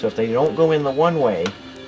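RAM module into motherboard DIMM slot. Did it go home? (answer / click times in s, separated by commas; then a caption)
no / none. A RAM module is handled at a motherboard DIMM slot while someone talks. Nothing has seated or clicked yet.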